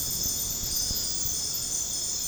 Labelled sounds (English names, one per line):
none